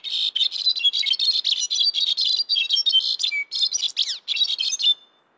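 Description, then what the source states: Brown-backed Solitaire singing a fast, complex run of metallic, tinkling notes in quick bursts, with a clear steady whistle midway and downward-sweeping notes late in the phrase. Songs differ in structure and duration depending on where the birds grow up, like regional dialects; heard year-round in high-altitude forests from Mexico to Central America.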